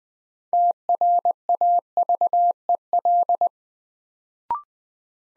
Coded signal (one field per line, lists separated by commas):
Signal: Morse code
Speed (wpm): 21 wpm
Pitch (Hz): 700 Hz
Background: none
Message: TRAVEL